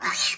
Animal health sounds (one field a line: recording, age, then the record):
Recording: pig call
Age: piglet (1 to 25 days)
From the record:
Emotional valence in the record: negative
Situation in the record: castration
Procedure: castration, fixation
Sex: male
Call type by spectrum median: high-frequency call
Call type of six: high-frequency modulated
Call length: 0.37 s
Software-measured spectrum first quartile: 2483 Hz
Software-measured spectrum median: 4289 Hz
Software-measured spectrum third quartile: 7080 Hz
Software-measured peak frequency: 1163 Hz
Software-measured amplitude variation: 119 dB a second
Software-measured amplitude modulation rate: 12.1 a second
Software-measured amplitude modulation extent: 9.8 dB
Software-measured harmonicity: 0.8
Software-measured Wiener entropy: -1.85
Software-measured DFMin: 613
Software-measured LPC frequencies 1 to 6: 1130, 1868, 2814, 4271, 5176, 6345 Hz